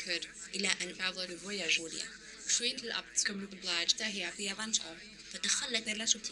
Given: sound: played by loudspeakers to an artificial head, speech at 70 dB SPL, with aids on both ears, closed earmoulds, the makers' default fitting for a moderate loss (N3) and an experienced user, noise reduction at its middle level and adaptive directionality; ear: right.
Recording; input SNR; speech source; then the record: speech test signal (ISTS) in cocktail-party noise; +6 dB; on the right (90 degrees)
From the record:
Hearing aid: class 1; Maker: H